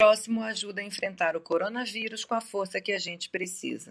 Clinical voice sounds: spoken sentence; Brazilian Portuguese; female; 50 to 59 years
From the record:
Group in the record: control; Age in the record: 54 years

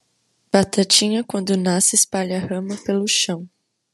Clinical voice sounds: short text; Brazilian Portuguese; female; 18 to 19 years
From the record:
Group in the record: control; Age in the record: 19 years

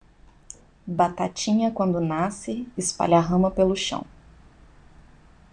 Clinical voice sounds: short text; Brazilian Portuguese; female; 30 to 39 years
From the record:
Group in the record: control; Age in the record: 39 years

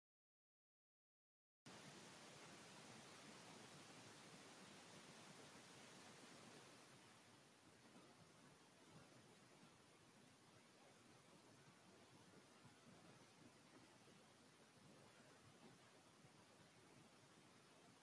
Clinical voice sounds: spoken sentence; Brazilian Portuguese; male; 80 to 89 years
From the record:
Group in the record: control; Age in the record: 82 years

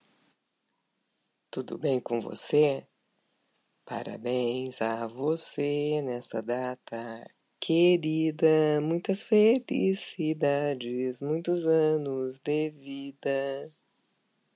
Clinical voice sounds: short text; Brazilian Portuguese; female; 50 to 59 years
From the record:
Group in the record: control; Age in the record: 57 years

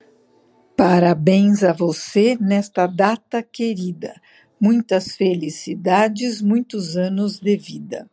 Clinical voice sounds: short text; Brazilian Portuguese; female; 60 to 69 years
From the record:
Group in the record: control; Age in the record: 61 years

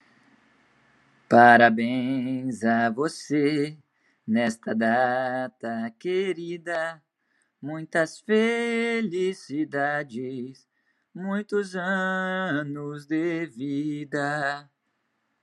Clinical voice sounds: short text; Brazilian Portuguese; male; 20 to 29 years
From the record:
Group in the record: control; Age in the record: 24 years

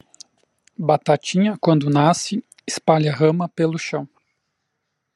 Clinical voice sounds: short text; Brazilian Portuguese; male; 30 to 39 years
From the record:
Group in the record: control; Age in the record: 36 years

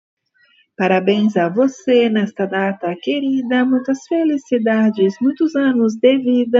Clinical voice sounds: short text; Brazilian Portuguese; female; 50 to 59 years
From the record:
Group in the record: control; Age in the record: 51 years

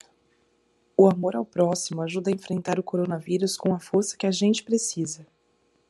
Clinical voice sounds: spoken sentence; Brazilian Portuguese; female; 20 to 29 years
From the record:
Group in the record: control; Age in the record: 29 years

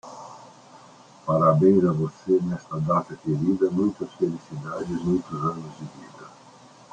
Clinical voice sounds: short text; Brazilian Portuguese; male; 60 to 69 years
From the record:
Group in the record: control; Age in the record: 61 years

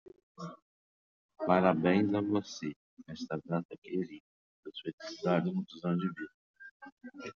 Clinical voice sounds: short text; Brazilian Portuguese; male; 50 to 59 years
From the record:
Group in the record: control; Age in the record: 58 years

